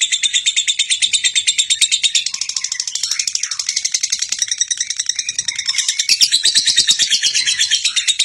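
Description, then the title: Bird singing a loud, continuous, high twittering song of rapid, rhythmic pulsed notes. "KICAU BURUNG"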